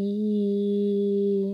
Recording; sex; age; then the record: sustained vowel /i/; female; 40 to 49 years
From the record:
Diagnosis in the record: healthy control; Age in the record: 40 years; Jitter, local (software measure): 0.22%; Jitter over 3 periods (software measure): 0.13%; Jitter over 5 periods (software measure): 0.16%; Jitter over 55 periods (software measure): 0.48%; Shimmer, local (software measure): 1.3%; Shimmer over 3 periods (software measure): 0.6%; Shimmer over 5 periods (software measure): 0.8%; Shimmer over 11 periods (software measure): 1.0%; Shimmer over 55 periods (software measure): 3.0%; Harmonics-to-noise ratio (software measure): 23.2 dB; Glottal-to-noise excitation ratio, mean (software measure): 0.90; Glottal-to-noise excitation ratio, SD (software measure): 0.025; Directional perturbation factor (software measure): 63.2%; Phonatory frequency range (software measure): 0.14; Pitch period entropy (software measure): 0.88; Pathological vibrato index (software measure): 0.12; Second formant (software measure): 3515 Hz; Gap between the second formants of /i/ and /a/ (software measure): 1925 Hz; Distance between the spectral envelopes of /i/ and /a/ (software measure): 10.6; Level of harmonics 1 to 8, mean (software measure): -2.9, -4.0, -29.2, -62.1, -62.3, -67.8, -73.2, -70.7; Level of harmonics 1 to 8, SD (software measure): 1.3, 3.2, 3.6, 7.8, 7.2, 4.4, 5.5, 4.8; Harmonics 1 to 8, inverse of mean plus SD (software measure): 0.242, 0.141, 0.030, 0.014, 0.014, 0.014, 0.013, 0.013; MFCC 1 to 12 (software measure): 6.1, 18.9, -17.2, -12.1, -23.7, -6.0, -9.7, -2.0, -7.1, -14.4, -11.1, -9.0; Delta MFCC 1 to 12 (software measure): 0.008, 0.005, -0.027, -0.019, 0.057, -0.042, -0.021, 0.049, 0.006, -0.027, -0.026, 0.009